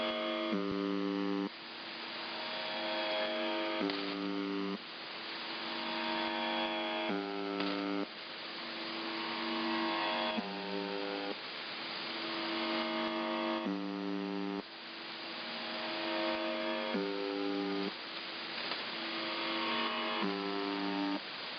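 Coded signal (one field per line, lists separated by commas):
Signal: channel marker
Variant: UVB-76 (The Buzzer)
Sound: harsh low droning buzz repeating in segments a few seconds long, with brief breaks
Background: radio static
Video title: UVB-76 (4625 kHz) Strange white noise 18:35 UTC (Noise starts at 3:15)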